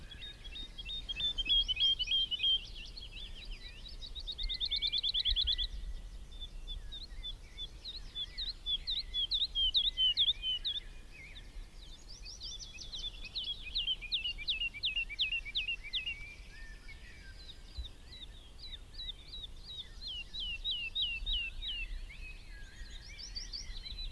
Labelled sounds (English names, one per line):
Wood Lark flight song